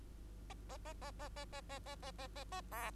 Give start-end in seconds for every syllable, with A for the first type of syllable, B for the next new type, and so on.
0.50-0.54 A, 0.69-0.77 A, 0.85-0.93 A, 1.01-1.11 A, 1.19-1.28 A, 1.36-1.45 A, 1.53-1.61 A, 1.69-1.79 A, 1.86-1.95 A, 2.02-2.11 A, 2.18-2.27 A, 2.35-2.44 A, 2.52-2.61 A, 2.71-2.91 B